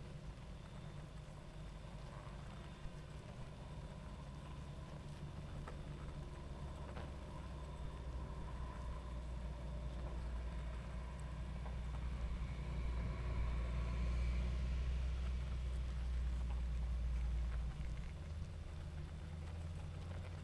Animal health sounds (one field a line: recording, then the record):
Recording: honeybee colony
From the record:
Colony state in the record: active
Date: 28 July 2017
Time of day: 22:39